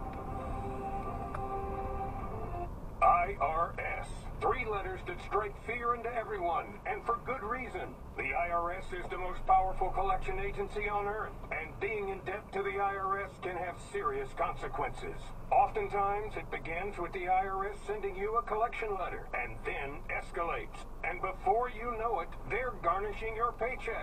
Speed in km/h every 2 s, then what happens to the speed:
29, 23, 13, 5, 0, 0, 0, 0, 0, 0, 0, 0.
0-7 brakes to 0. 7-24 standing.